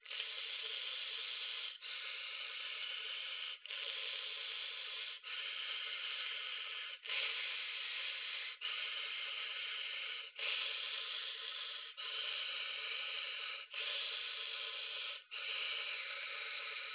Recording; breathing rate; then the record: paced breathing near a phone; 18 breaths a minute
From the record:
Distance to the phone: 20 cm